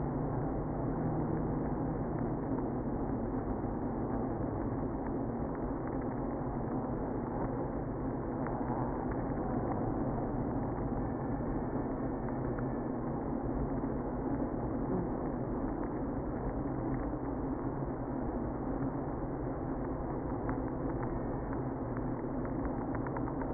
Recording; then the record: honeybee colony, microphone inside the hive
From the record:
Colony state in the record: queenless (queen removed); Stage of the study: after two queens were removed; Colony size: about 60,000 bees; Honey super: yes